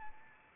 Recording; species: mosquito wingbeat signal from an infrared sensor; Anopheles arabiensis